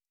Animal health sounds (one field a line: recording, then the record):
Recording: hydrophone in a shrimp aquaculture tank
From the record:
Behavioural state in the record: stressed